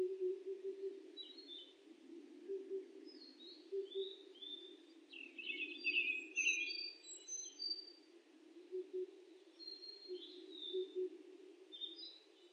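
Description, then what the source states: Oriental cuckoo's deep paired hoots come in short runs, while other songbirds chatter and whistle higher, busiest in the middle. Recorded on 23 May 2004; local name given as tutudori.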